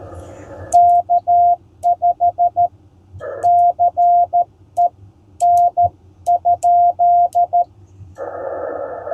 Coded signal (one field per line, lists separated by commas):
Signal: Morse code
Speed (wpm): 13 wpm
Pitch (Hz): 700 Hz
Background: radio noise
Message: K5CE N?